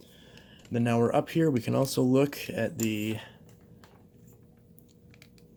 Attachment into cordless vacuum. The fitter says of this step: kind of hard to do with one hand just push this button pops right out very easily push it clicks right in